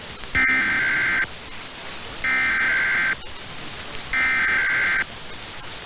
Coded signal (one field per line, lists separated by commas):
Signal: Emergency Alert System (SAME) tones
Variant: header bursts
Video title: Nebraska Required Monthly Test on KRVN 880 (EAS #7720) 8/16/22